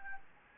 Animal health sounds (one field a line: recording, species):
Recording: mosquito wingbeat signal from an infrared sensor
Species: Anopheles gambiae